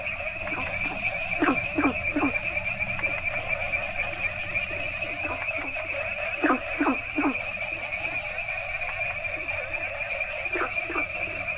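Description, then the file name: Frogs: frog chorus of quick descending croaks, often in groups of two or three, louder bursts around two, seven and eleven seconds, over continuous high trilling. Several frog species calling together in Asia; chorus soundscape. "asian frogs variety"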